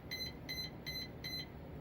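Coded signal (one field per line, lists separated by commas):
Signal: beep code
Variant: brushless RC plane ESC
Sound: four short electronic chirping beeps in quick, even succession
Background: low background hum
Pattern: 4 short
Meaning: The ESC reports a four-cell (4S) battery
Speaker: there's your four for cell count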